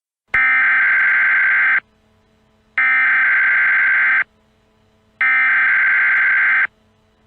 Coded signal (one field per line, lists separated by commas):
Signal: Emergency Alert System (SAME) tones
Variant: header bursts